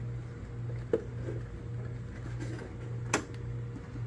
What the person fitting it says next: you just heard the magnetic connection for the fair water planes click into place